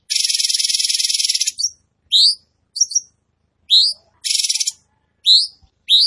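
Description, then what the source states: Tembakan bird song: a harsh high trill followed by sharply rising whistled notes and another trill, repeated in turn; quiet background. Training recording for caged birds; bird singing vigorously, described as gacor.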